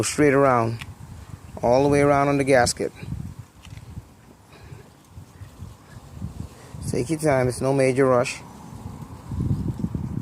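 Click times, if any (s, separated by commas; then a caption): none. A rubber gasket is worked around the rim of the engine thermostat of a 2003 Kia Sorento while someone talks. Two brief faint ticks come at about 3.6 and 3.8 seconds amid soft handling noise. Nothing has seated or snapped into place yet.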